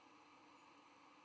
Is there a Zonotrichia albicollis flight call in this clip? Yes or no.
no